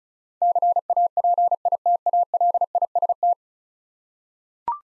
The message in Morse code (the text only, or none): CAPITALIST